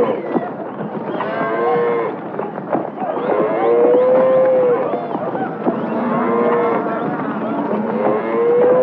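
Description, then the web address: Cattle mooing, several drawn-out moos over a dense, noisy rumble of the moving herd. Cattle in a stampede. "SFXSource. Cattle Stampede Cowboys 2"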